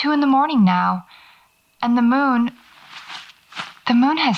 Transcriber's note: fabric rustling